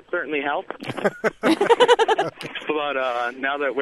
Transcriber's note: soundbite of laughter